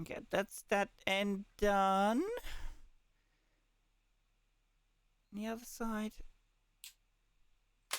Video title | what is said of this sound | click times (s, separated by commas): Xbox 360 Disc Tray Repair — with a 3D Printed Shell Opening Tool | There we go. There's the click. | 6.8 s